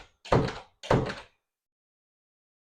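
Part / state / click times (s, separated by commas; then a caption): door latch into the strike plate on the door frame / not seated / none. An interior door of a new house is pushed shut twice against its frame, giving two dull thunks at about 0.3 s and 0.9 s, each fading within about half a second before silence. The door latch does not catch in the strike plate on the door frame, and nothing has latched or clicked yet.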